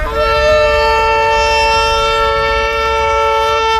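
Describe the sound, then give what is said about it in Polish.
A shofar, a ram's horn, sounds one long, loud, steady blast during the March of the Living, in front of the gate inscribed "Arbeit macht frei". Its bright, brassy tone holds a single pitch with a slight waver at the start, over a low rumbling background. No one speaks. “Przed bramą z napisem Arbeit macht frei zabrzmiał dźwięk szofatu, baraniego rogu, symbolu pokuty.”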